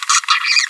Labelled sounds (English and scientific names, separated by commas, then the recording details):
Green-rumped Parrotlet (Forpus passerinus) babbling
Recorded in a nest box in Venezuela
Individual 18B25A5